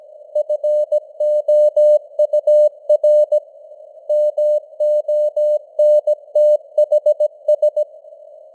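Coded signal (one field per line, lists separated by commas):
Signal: Morse code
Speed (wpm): 17 wpm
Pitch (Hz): 600 Hz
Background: none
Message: FOUR MONTHS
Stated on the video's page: Morse code news headlines at 17 wpm with simulated radio noise and varying signal strength (QSB).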